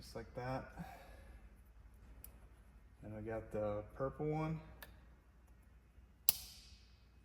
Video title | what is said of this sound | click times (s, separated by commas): Installing Vicrez Carbon Fiber Wheel on Wide Body C8 Corvette | here it click | 6.3 s